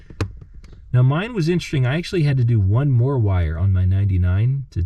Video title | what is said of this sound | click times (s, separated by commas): C5 Z06 Upgrade Day - MGW Shifter, LMC5 Column Lock Bypass, Trunk Struts | and then that thing just clicks back into there | 0.2 s